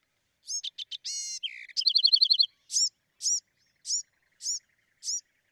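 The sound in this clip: Bewick's wren song: quick opening notes, a harsh buzz and a rapid rattling trill, then five clear upslurred chips evenly spaced.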